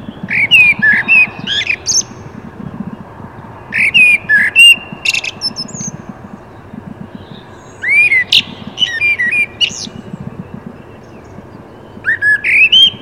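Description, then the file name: Common blackbird giving clustered squawky and chirping notes with rising whistled slurs, in four bursts throughout, low rumbling background noise throughout. "Turdus merula"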